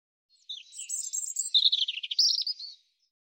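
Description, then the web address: European robin singing one continuous sweet, twittering phrase of quick high trills and warbles lasting over two seconds, on a silent background. "cianscape birddata Deverinetal 2025 Bird Er Ru"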